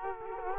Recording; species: mosquito wingbeat signal from an infrared sensor; Culex quinquefasciatus